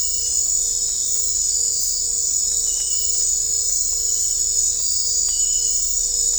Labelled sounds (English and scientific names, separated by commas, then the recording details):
none
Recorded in dense forest near Puerto Asís, Putumayo, Colombia, on 22 December 2024 at 22:30
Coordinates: 0.500, -76.322
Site G053